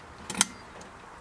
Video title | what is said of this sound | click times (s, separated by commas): Replace A Bulb Ford Focus Zetec T 2005-2010 Mk2 | you've heard it click you're done you now can put the supporting case back on to | 0.4 s